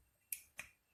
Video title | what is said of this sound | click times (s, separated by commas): TIDAK BANYAK ORANG TAU ! INILAH KELEBIHAN & KEUNIKAN PERLENGKAPAN INSTALASI LISTRIK DARI PANASONIC | just plug in and don't need to open the screw here we insert the cable until there is a sound click yes then | 0.3 s